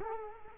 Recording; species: mosquito wingbeat signal from an infrared sensor; Culex quinquefasciatus